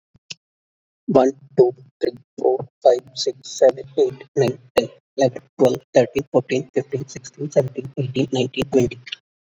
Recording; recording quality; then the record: counting at a fast pace; excellent, no background noise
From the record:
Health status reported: COVID-19 positive, mild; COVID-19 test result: positive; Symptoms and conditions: breathing difficulty, fever, loss of smell and taste, diabetes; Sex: male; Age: 42 years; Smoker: not ticked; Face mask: not worn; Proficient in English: yes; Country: India